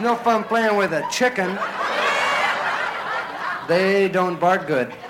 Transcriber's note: laughter